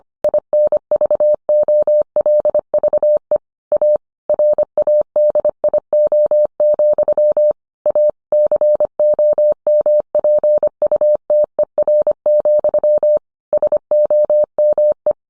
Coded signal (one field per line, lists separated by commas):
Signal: Morse code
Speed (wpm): 25 wpm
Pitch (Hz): 600 Hz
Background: none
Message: INVOLVE A RADIO, A COMPUTER, SOME